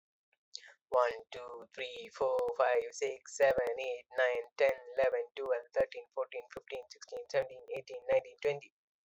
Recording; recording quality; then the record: counting at a normal pace; excellent, no background noise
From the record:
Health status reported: healthy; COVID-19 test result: not tested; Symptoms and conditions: none ticked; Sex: male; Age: 28 years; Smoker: not ticked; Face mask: not worn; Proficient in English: yes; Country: India